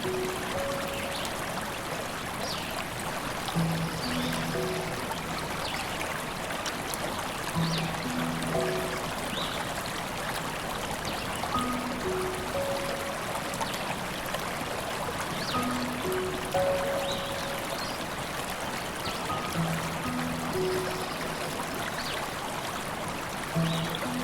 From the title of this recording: Piano music with river sounds